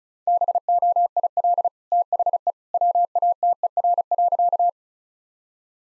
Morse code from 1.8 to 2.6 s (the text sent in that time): THE